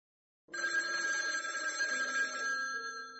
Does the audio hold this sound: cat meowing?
no